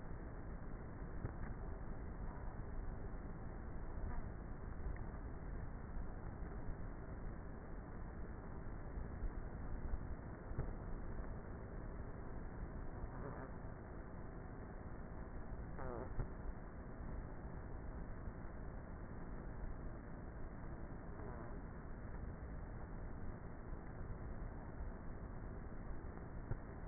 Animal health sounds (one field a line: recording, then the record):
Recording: honeybee colony, microphone inside the hive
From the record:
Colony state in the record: queenless with a low population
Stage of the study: before two queens were removed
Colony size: about 30,000 bees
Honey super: no